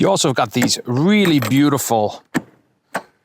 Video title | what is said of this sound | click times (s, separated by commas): ICECO APL 55 12V Fridge Review: Almost Perfect—Here's What's Holding It Back | latches that really snap the lid down. | 3.0 s